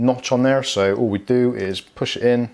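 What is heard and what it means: The detachable plastic boom microphone plug of an EasySMX VIP003S RGB budget gaming headset is lined up with a notch and pushed into the headset's ear-cup socket while someone talks throughout. Nothing has seated or clicked yet; the clip ends before the plug is twisted and locks into place.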